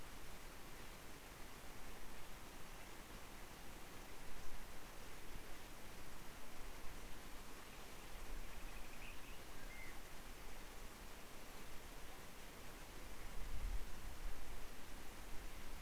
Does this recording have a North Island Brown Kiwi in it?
no